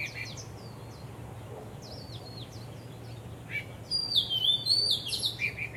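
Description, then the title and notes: Bird song: soft, scattered high chirps, then a loud phrase of rapid whistled, warbling notes about four seconds in. Birds singing vigorously at Wu Kai Sha, Hong Kong, on 15 December 2006; recorded with AKG condenser microphones in XY stereo. "香港 烏溪沙 雀鳥勁唱歌 Date: 15 December 2006"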